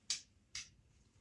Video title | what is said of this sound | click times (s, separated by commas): How to use Mounjaro KwikPen for Weight Loss (Comprehensive Guide) | until we had two clicks and then we press | 0.1 s, 0.5 s